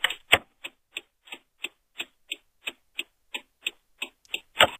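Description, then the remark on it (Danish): A Seat Cordoba car's turn signal ticks steadily, about three crisp clicks per second, with roughly fourteen dry, even clicks and a couple of louder ones at the start and end. No one speaks. “Hvilken bil er det her et blinklys fra?”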